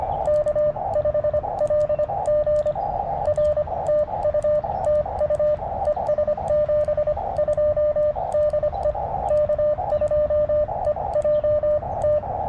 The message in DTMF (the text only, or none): none